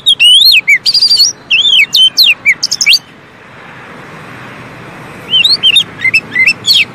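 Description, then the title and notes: Oriental magpie-robin singing sweet, slurred whistles for three seconds, then a quiet gap of faint hiss before the whistled phrases return. Long-duration 'isian' (training) song meant to make magpie-robins sing vigorously ('gacor') day and night. "Kacer Jadi Gacor Siang Malam. Isian Kacer Durasi Panjang"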